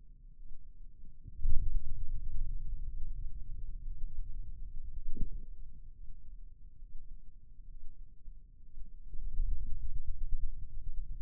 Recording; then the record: forearm muscle sounds (acoustic myography)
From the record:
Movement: ulnar deviation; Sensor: system 2, bracelet of six BSWA MPA416 microphones around the upper forearm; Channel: 6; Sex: male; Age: 22 years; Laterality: right